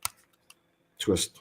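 The twist-lock hot shoe foot of an X Pro flash trigger is turned so the trigger locks onto a camera's hot shoe, giving sharp plastic clicks at 0.1 s and 0.5 s. The trigger locks in place, and then someone talks.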